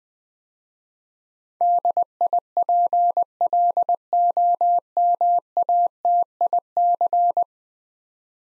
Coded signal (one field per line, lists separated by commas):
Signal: Morse code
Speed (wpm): 20 wpm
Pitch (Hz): 700 Hz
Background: none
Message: DIPLOMATIC